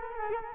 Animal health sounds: mosquito wingbeat signal from an infrared sensor; Culex quinquefasciatus

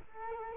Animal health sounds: mosquito wingbeat signal from an infrared sensor; Culex quinquefasciatus

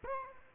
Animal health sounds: mosquito wingbeat signal from an infrared sensor; Culex quinquefasciatus

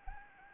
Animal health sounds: mosquito wingbeat signal from an infrared sensor; Anopheles arabiensis

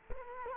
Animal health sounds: mosquito wingbeat signal from an infrared sensor; Culex quinquefasciatus

